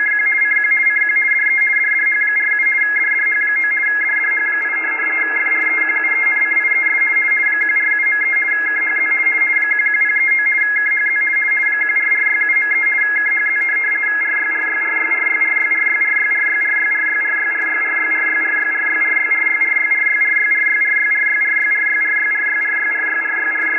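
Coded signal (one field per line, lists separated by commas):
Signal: RTTY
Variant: DDH8 weather broadcast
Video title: Rtty DDH8 11 037 10 Usb on Icom 7300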